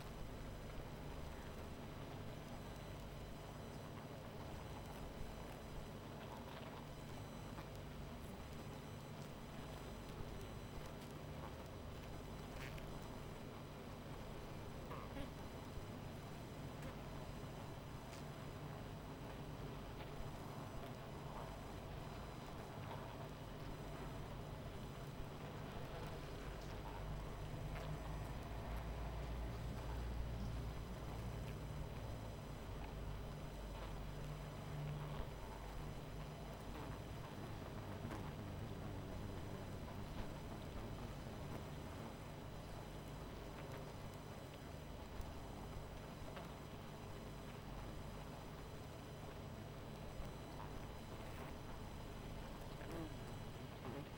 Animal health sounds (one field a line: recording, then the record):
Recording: honeybee colony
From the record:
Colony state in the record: missing queen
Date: 14 July 2017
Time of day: 22:12